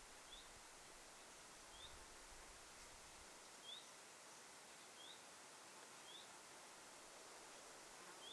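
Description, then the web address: Common chiffchaff calling with single clean rising whistles spaced one to two seconds apart, faint against steady background hiss. Chiffchaff giving 'hyit' call notes, recorded 7 August 2026. "paivat 7 8 2026 hyit-tiltaltti"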